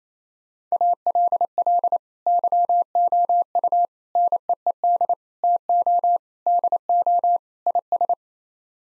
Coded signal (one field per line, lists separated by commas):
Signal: Morse code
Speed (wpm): 28 wpm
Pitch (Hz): 700 Hz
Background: none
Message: ALL YOU NEED TO DO IS